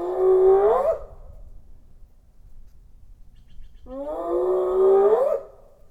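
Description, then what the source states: Spotted hyena giving two whoops about four seconds apart, each a note rising sharply at the end, with quiet background between. Whoop, a long-distance contact call given when separated from group members; means 'it's me, I'm here' and asks whether anyone is there and can hear.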